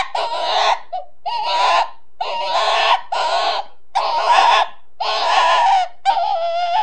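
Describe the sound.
Rabbit squeals: several rapid, raspy, high screams in quick succession, each under a second long and harshly textured.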